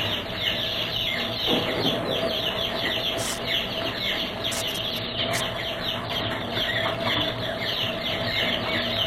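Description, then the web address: Birds calling in a busy chorus of chirps, with a few sharp clicks standing out. "Звуки природы - птицы"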